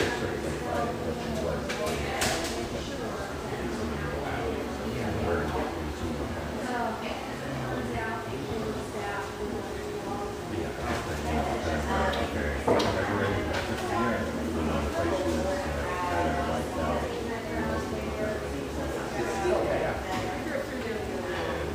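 Lively ambience in a rustic, bayside coffeeshop, with many overlapping voices talking at once in a steady, dense murmur. Sharp clinks and knocks of cups and dishes pop out now and then, notably around 2, 12 and 20 seconds, over a constant low rumble.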